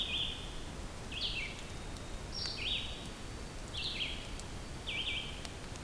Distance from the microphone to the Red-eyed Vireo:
about 40 m